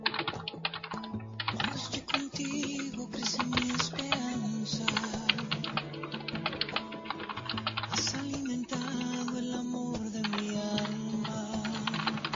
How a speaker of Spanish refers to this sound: Vamos a continuar con la nota porque de repente llegaron acá y escuché el tecleo.